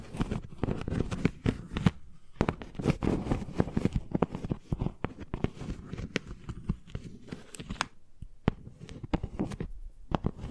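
Chalk tapping and scratching against a surface, made of dense, irregular sharp clicks and short scrapes that come in quick bursts. Strokes cluster thickly in the first half, then thin out into more spaced, crisp taps after about seven seconds.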